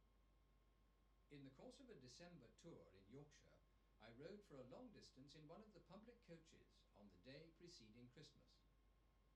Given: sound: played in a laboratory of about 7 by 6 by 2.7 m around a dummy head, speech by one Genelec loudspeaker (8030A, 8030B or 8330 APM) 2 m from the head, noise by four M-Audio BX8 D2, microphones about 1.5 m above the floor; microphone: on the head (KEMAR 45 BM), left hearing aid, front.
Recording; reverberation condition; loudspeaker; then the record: male speech in English; low; 30 degrees to the right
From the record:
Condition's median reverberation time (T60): about 310 ms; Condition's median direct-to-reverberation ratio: about 3.5 dB